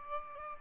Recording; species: mosquito wingbeat signal from an infrared sensor; Aedes albopictus